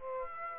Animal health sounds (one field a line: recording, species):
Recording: mosquito wingbeat signal from an infrared sensor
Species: Aedes aegypti